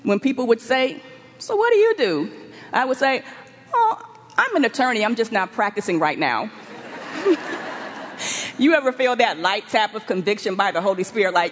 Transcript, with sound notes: When people would say, “So, what do you do?” I would say, “I’m an attorney; I’m just not practicing right now.” (laughter) You ever feel that light tap of conviction by the Holy Spirit?